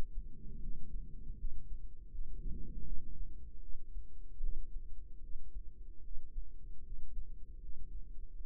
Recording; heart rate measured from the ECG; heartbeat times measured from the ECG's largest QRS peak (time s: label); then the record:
heart sounds by microphone in the right ear; 77 bpm
0.59 s: heartbeat
1.35 s: heartbeat
2.09 s: heartbeat
2.83 s: heartbeat
3.59 s: heartbeat
4.39 s: heartbeat
5.19 s: heartbeat
6.01 s: heartbeat
6.82 s: heartbeat
7.58 s: heartbeat
8.35 s: heartbeat
From the record:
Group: healthy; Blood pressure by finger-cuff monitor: 113/69 mmHg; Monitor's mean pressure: 85 mmHg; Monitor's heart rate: 77 bpm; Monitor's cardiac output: 7.7 L/min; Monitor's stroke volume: 98 mL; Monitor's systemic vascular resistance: 800 dyn s/cm5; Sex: male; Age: 33 years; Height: 179 cm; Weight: 80.4 kg